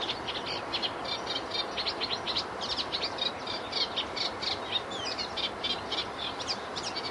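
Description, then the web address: Reed warbler song, a steady chattering run of scratchy, repeated notes at a quick uneven pace, continuing throughout over a broad background hiss. In Poland. "zakole-wawerskie nagrania trzcinniczek"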